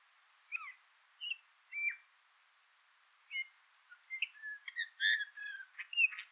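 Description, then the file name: Eurasian bullfinch calls: a few soft, spaced whistled notes, some falling, then a denser run of piping and buzzy notes toward the end. "Pyrrhula pyrrhula"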